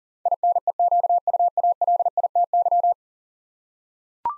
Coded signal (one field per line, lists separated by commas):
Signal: Morse code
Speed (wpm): 38 wpm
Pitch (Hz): 700 Hz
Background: none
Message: INEQUALITY